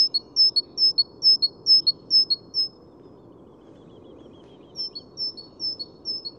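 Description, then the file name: Great tit delivering bright two-note phrases, high note then lower note, about seven in a row, a short pause, then a quieter renewed series. "Parus major"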